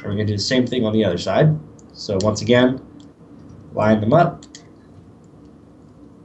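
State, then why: Not seated. Someone talks while lining up a drive's mounting rails with a PC case drive bay on the other side, before finding the track and sliding it in. A faint tick is heard around 3.0 s during a pause in the talking. Nothing has seated or clicked yet.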